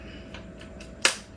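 A plastic landing gear fairing on a Hobbyzone Carbon Cub S 2 1.3m RTF RC airplane is pressed onto the wire landing gear strut. A few faint soft taps at about 0.3, 0.6 and 0.8 seconds lead to a single sharp, bright snap at 1.1 seconds. The fairing pops into place and is seated on the strut.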